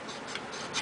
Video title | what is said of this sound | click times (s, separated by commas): Part 4 - GSG-5 Full Teardown & Screw Upgrade | until it snaps in place | 0.4 s